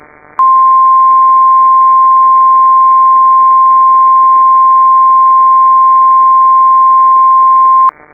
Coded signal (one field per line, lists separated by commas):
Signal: Emergency Alert System (SAME) tones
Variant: 1050 Hz attention tone